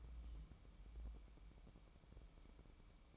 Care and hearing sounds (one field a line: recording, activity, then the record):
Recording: daily activity, microphone in the room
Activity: take from stove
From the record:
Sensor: 1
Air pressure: 1008.2 hPa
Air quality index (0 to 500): 137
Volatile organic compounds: 2 ppm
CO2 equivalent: 1149 ppm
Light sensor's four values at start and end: 8/18/7/8 and 8/18/7/8